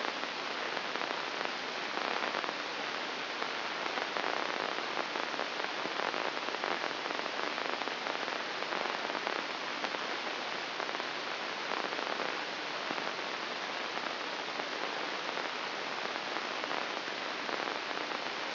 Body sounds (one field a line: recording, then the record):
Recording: brain microelectrode recording played as sound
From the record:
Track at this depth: inside the subthalamic nucleus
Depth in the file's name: 1.606 mm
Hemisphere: right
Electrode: 2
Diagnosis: Parkinson's disease